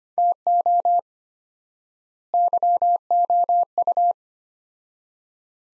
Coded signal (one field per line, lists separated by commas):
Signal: Morse code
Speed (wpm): 25 wpm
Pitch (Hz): 700 Hz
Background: none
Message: TO YOU